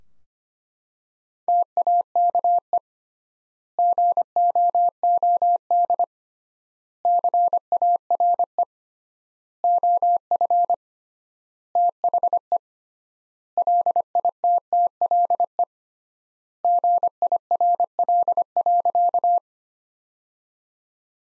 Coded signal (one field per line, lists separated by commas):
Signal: Morse code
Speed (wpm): 25 wpm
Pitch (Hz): 700 Hz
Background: none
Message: TAKE GOOD CARE OF THE LITTLE GIRL.